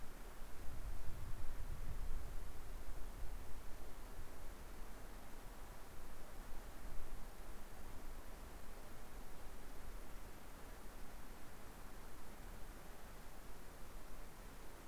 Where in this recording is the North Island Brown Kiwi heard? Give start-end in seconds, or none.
none